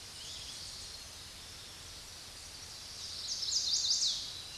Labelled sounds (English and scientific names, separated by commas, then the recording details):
Chestnut-sided Warbler (Setophaga pensylvanica) song
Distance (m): 10 m
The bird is about level with the microphone
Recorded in a Pennsylvania forest on 16 May 2024 at 06:27
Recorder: AudioMoth, point MSD-2007
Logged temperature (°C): 16.1 °C
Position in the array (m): 35 m, 29 m